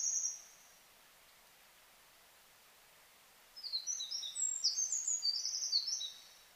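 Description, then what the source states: Eurasian wren song: a brief high note at the start, then after a pause a fast, very high jumble of trills and twittering. Recorded 4 March 2007 at 13:27.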